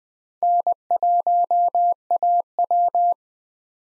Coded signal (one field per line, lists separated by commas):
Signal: Morse code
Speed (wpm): 20 wpm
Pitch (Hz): 700 Hz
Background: none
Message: N1AW